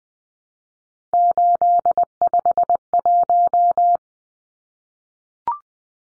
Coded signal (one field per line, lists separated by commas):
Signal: Morse code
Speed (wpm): 20 wpm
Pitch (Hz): 700 Hz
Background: none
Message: 851